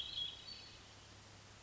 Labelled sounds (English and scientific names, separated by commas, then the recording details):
Hermit Thrush (Catharus guttatus)
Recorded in Sonoma County, California